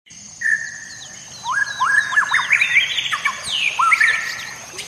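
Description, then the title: White-rumped shama song: thin sliding whistles and short upslurred notes building into a busier jumble, over a noisy background hiss. Masteran song used to tutor other birds. "MURAI BATU LABAIK"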